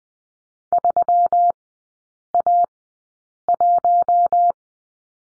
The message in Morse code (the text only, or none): 3A1